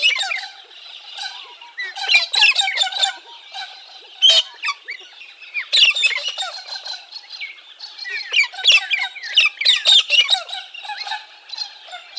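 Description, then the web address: Galah calls: harsh, grating screeches in rapid, almost continuous bursts, with a few brief quieter gaps. Recorded in a garden in Canberra. "canberra-garden-birds cockatoos-and-parrots galah"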